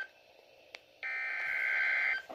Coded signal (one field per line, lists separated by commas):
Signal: Emergency Alert System (SAME) tones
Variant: header bursts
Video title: Axellent Craziness 2 (EAS Alerts from 12/10/21 #98-115)